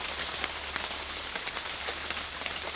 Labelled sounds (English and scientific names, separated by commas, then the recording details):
none
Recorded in secondary vegetation near Puerto Asís, Putumayo, Colombia, on 24 June 2025 at 13:00
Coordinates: 0.498, -76.327
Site GP09